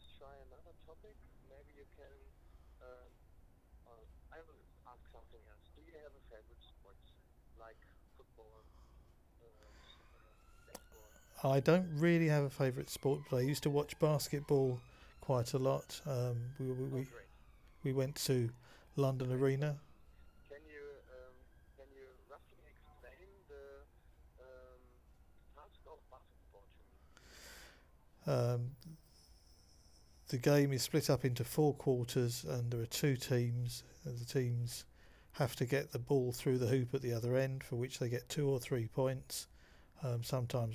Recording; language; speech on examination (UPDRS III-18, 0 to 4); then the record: conversation on a phone call; English; 0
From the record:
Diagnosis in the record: Parkinson's disease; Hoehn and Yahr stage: 2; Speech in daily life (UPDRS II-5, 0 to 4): 0